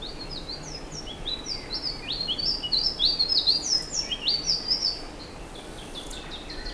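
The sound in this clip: Bird calls, high thin chirps and short stepped whistles in quick irregular series, some rising, with a steady hiss behind.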